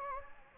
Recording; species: mosquito wingbeat signal from an infrared sensor; Anopheles gambiae